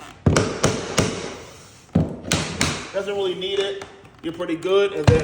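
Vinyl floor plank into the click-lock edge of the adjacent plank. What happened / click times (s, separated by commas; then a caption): Floor plank tapped along its edge; no separate lock click stands out / none. A Lifeproof luxury vinyl plank with attached underpad is tapped down along its edge into the click-lock edge of the adjacent plank, giving sharp taps at about 0.3, 0.4, 0.6, 1.0, 2.3 and 2.6 seconds while someone talks. The plank has not locked into the joint yet, and nothing has seated or clicked.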